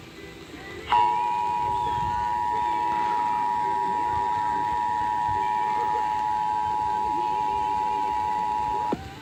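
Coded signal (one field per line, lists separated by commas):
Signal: Emergency Alert System (SAME) tones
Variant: 853 and 960 Hz attention tone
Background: speech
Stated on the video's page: Required Monthly Test originated from an AM station and relayed to all Iowa radio and TV stations.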